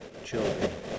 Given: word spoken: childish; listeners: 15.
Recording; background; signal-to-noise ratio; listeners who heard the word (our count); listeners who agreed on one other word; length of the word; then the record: one English word in noise, from a listening test; noise modulated by three-talker babble; -3.3 dB; 0 of 15; 14 of 15; 0.59 s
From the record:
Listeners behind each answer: 14, 1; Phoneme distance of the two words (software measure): 37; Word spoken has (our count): 2 syllables, 6 phonemes, stress on syllable 1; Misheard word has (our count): 2 syllables, 7 phonemes, stress on syllable 1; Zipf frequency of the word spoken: 3.42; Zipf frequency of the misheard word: 5.53